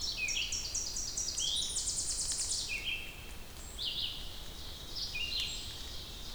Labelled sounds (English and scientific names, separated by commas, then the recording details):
Red-eyed Vireo (Vireo olivaceus) song
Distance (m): 25 m
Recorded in boreal forest in Alberta, Canada, on 2 June 2016 at 07:50
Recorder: SongMeter 3, array SBT-3-7
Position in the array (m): 88 m, 124 m